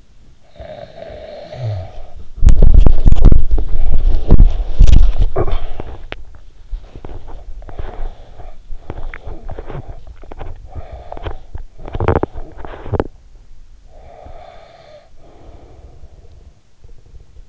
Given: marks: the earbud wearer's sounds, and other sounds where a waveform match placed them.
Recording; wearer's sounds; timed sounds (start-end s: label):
sounds in sleep by an in-ear microphone; snoring breath, body movement, cough or throat clearing or sniffle, teeth grinding, breath
0.00-2.11 s: snoring breath
2.11-5.22 s: body movement
5.22-6.31 s: cough or throat clearing or sniffle
6.31-13.31 s: teeth grinding
13.31-17.20 s: breath